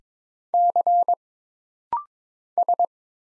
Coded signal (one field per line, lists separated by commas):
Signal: Morse code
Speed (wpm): 22 wpm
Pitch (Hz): 700 Hz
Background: none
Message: C S